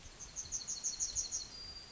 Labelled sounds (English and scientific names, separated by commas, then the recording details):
Yellowhammer (Emberiza citrinella) song
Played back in forest
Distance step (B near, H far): E
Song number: 034